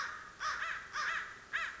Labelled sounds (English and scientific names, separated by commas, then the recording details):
American Crow (Corvus brachyrhynchos)
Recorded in Sonoma County, California